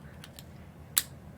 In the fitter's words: There's the other click.